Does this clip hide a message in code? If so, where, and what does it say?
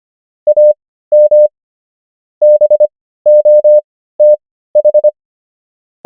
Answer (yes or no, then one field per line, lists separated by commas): yes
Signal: Morse code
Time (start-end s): 0.5-5.1 s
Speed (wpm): 25 wpm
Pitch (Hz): 600 Hz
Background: none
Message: AM BOTH